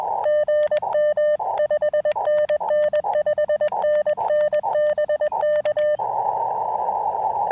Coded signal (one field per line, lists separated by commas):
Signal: Morse code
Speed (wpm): 21 wpm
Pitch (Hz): 600 Hz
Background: radio noise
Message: GM 5NN 5NN BK